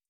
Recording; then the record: hydrophone in a shrimp aquaculture tank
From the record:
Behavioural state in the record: feeding